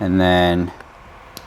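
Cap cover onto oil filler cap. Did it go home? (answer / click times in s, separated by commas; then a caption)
no / none. An aftermarket cover is being handled before it is pushed onto a Toyota Supra's oil filler cap, with the cap off the car. Someone talks for the first 0.7 seconds, then there is quiet handling with a faint tick near 0.8 seconds and a brief sharper tick at 1.4 seconds. Nothing has seated or clicked yet.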